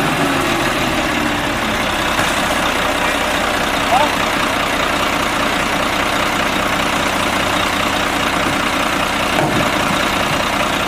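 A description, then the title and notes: A garbage truck engine rumbles steadily throughout, a low, dense idling drone with a constant hiss above it. The level stays nearly even, with a brief chirp near four seconds and a short knock or clank around nine and a half seconds. Garbage Trucks.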